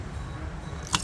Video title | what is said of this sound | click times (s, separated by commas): How to Pump Gas: A Beginner's Guide to Fueling Up Your Car | Now twist it to the right till it clicks. | 0.9 s, 1.0 s